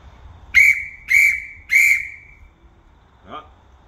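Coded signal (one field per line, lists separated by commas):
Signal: whistle signal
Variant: crane whistle signal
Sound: three short shrill whistle blasts, about half a second each, then a faint chirp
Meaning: Three short blasts tell the crane operator to boom up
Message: 3 short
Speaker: so boom up one way to remember it is three to the tree so three short and you boom up to the trees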